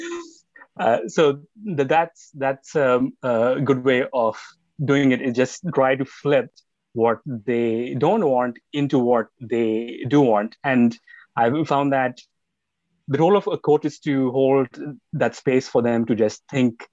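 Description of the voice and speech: Man speaks mostly smoothly, with repeated starting sounds and stretched syllables: a mild stutter, present since an early age.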